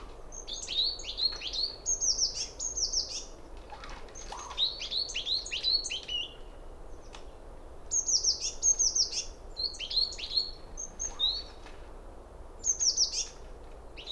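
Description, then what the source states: Coal tit and blue tit song: several bursts of quick, high-pitched, sharp descending notes, with light background noise. Coal and blue tits singing despite being disturbed, during a warm sunny spell; Val Maravel, 29 January 2013; recorded with Nagra LB and Telinga P7.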